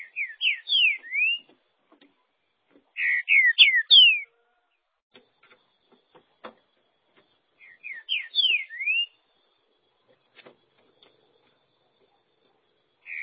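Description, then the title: Green-winged saltator delivering repeated phrases of clear slurred whistles, separated by pauses with soft clicks. "Trinca Ferro"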